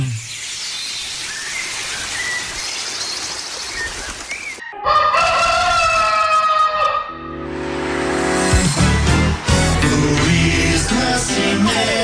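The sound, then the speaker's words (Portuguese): A rooster crows once at dawn on a Brazilian radio station's morning show, Porto Feliz, a loud, drawn-out call with a strained, wavering pitch, following several seconds of steady hiss. Other dense, layered sounds take over afterward. “É de madrugada o galo canta, de manhã cedo que se levanta.”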